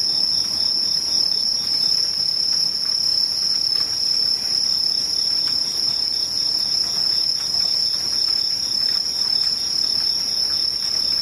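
Insects trill without pause, a dense, bright, high-pitched chorus holding steady throughout, with faint rustling texture underneath.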